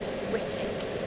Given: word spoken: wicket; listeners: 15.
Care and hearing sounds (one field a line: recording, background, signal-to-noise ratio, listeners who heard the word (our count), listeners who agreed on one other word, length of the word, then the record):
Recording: one English word in noise, from a listening test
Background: speech-shaped noise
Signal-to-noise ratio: -5.1 dB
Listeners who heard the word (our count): 4 of 15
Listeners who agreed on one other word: 8 of 15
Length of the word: 0.67 s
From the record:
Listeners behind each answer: 8, 4, 3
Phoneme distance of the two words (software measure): 10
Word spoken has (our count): 2 syllables, 5 phonemes, stress on syllable 1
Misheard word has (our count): 2 syllables, 5 phonemes, stress on syllable 1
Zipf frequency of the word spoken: 3.60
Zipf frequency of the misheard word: 4.16